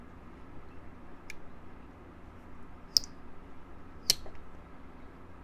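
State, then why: Stripped. A driver bit works at a tight pivot screw on a Rough Ryder APTA slipjoint pocketknife to loosen it. Among a few sharp metallic ticks over low background noise, the loudest snaps at 2.97 s as the bit cams out of the screw head, stripping it. The slipping bit scratches the black coating on the handle.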